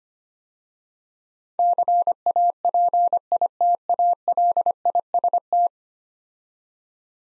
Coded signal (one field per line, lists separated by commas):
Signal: Morse code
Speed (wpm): 25 wpm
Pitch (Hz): 700 Hz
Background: none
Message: CAPITALIST